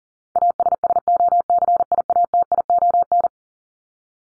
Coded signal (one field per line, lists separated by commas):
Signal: Morse code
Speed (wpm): 40 wpm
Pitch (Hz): 700 Hz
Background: none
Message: ASSOCIATION